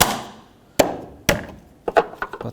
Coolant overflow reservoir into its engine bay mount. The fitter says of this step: Make sure this reservoir snaps in.